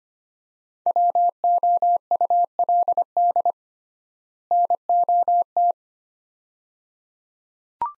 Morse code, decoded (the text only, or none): WOULD NOT